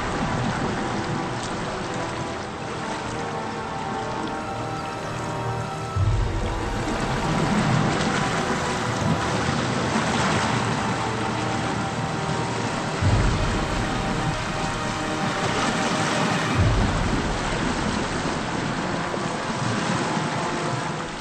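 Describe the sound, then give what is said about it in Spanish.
Sea water, entering through a crack in the rock, sloshes and laps steadily inside a cavern big enough to hold a house, a continuous broad wash with a few deeper surging swells that boom briefly every several seconds. No voices. “oí el incesante movimiento del agua, el chapoteo de la mar que entraba en la roca por alguna grieta”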